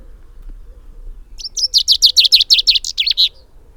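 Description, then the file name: Common chaffinch giving a fast series of about a dozen bright, high notes that runs for nearly two seconds and ends with a lower, falling flourish; faint low hum beneath. "Fringilla coelebs"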